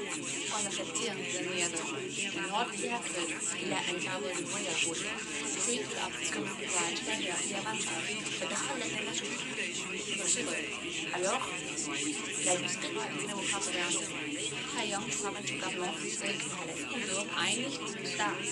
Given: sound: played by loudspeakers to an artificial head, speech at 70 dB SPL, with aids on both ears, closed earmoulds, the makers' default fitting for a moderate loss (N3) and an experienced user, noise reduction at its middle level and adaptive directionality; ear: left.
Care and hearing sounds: speech test signal (ISTS) in cocktail-party noise; -3 dB; on the right (90 degrees)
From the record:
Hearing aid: class 2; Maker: E

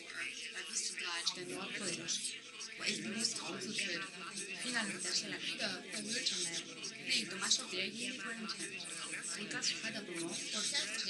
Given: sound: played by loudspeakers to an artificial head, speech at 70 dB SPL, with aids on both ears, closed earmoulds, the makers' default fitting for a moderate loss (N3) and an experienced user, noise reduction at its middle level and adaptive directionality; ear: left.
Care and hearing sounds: speech test signal (ISTS) in cocktail-party noise; 0 dB; on the right (90 degrees)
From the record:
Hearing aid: class 1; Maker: H

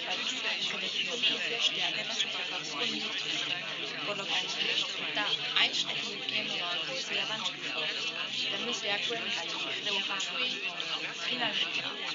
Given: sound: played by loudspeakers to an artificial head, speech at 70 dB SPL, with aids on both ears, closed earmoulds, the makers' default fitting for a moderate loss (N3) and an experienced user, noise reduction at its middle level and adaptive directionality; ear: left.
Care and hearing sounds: speech test signal (ISTS) in cocktail-party noise; -3 dB; in front (0 degrees)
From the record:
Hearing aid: class 1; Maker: G

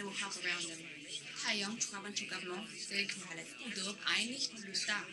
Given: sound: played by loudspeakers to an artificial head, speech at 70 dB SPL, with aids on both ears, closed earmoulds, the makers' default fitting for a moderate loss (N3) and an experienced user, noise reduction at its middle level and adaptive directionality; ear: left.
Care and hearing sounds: speech test signal (ISTS) in cocktail-party noise; +6 dB; on the right (90 degrees)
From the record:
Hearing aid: class 1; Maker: J

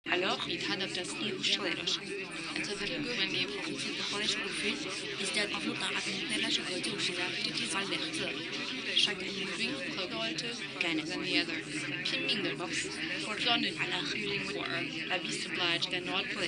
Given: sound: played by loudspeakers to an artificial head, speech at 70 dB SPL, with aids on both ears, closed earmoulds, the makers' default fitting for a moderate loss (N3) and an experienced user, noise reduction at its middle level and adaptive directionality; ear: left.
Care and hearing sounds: speech test signal (ISTS) in cocktail-party noise; -3 dB; in front (0 degrees)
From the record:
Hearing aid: class 2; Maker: D

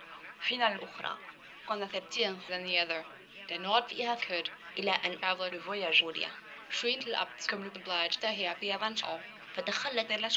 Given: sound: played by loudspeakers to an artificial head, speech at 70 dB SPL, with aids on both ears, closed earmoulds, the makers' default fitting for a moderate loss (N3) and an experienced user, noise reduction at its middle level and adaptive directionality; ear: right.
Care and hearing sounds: speech test signal (ISTS) in cocktail-party noise; +9 dB; on the right (90 degrees)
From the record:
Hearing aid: class 1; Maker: F

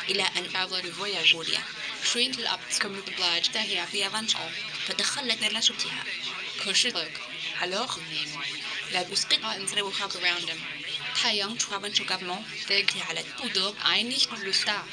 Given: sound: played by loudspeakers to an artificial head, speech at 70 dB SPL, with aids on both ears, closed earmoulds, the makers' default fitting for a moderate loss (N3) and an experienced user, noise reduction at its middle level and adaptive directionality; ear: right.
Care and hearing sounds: speech test signal (ISTS) in cocktail-party noise; +6 dB; on the right (90 degrees)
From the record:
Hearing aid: class 2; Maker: A

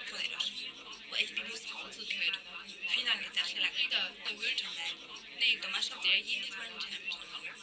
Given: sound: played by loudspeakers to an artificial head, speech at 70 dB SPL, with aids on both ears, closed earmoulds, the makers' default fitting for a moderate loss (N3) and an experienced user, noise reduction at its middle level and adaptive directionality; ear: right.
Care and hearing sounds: speech test signal (ISTS) in cocktail-party noise; -6 dB; on the right (90 degrees)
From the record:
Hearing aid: class 1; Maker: I

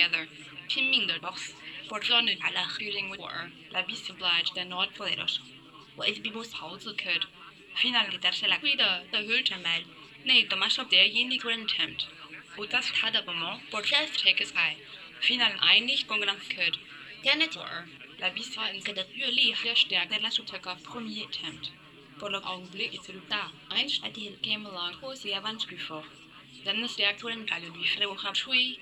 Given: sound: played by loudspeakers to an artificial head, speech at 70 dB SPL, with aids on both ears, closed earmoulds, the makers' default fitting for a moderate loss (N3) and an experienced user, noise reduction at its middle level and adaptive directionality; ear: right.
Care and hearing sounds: speech test signal (ISTS) in cocktail-party noise; +9 dB; on the right (90 degrees)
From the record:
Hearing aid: class 1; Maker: C

